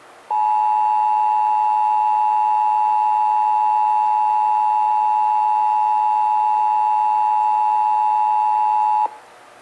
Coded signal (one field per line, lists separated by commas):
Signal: Emergency Alert System (SAME) tones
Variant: 853 and 960 Hz attention tone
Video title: (EAS #984-992) February 2026 Texas Required Monthly Test